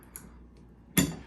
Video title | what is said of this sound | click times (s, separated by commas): BULLETPROOF HITCHES SET UP VIDEO | locked into place now you're locked back into the truck it ain't going nowhere | 1.0 s